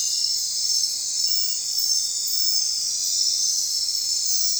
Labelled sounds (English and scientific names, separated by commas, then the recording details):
none
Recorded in secondary vegetation near Puerto Asís, Putumayo, Colombia, on 25 June 2025 at 22:00
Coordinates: 0.499, -76.323
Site G077